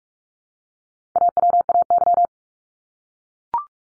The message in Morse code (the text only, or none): AWAY